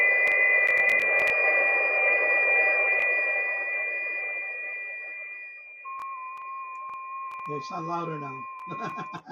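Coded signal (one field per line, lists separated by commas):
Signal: FT8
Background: speech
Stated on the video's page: FT8 on 6 meters during a band opening, heard on a live stream.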